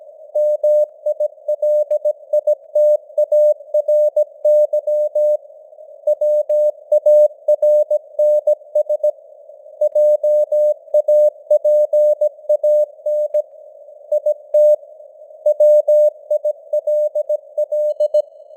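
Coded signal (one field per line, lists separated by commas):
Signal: Morse code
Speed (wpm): 17 wpm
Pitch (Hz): 600 Hz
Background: none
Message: MILITARY WARNS JAPAN IT WILL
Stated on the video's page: News headlines sent in Morse at 17 wpm with simulated radio noise and varying signal strength (QSB); an experiment.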